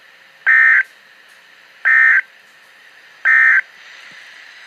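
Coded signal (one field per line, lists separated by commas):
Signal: Emergency Alert System (SAME) tones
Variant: end-of-message bursts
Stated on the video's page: Real tornado warning during a severe weather outbreak.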